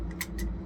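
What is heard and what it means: A Winchester Model 97 pump shotgun has its slide worked forward into the action, with a faint tick near 0.1 s, a sharp metallic click at 0.2 s, and another tick near 0.4 s over a low steady hum. The action stops short with some play left in it, so it is not fully locked.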